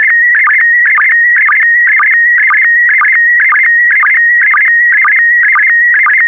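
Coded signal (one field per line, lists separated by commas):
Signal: SSTV (slow-scan television)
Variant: PD120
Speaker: Five, four, three, two, one. Thank you. Transmission complete. You can now check your decoded image against the picture that is shown on the video.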